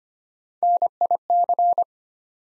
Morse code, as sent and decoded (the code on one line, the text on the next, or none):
-. .. -.-.
NIC